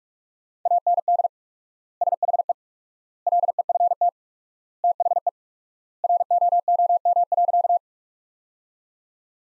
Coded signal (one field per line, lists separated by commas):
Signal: Morse code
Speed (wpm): 47 wpm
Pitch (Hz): 700 Hz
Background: none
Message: AND SHE LEFT THE ROOM.